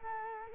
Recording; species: mosquito wingbeat signal from an infrared sensor; Culex quinquefasciatus